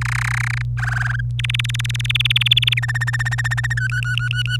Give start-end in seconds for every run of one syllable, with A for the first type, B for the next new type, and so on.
0.01-0.62 A, 0.77-1.21 B, 1.39-2.79 C, 2.83-3.73 D, 3.77-4.56 E